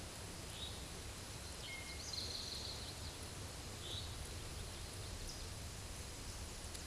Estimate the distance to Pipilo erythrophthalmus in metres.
about 60 m